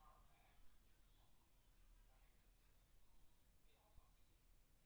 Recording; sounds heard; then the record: poultry house recording; no chicken sound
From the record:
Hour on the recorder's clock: 17